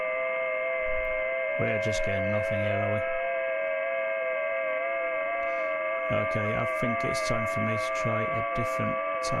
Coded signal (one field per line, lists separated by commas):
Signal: FT8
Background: speech